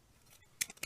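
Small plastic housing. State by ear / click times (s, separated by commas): seated / 0.6 s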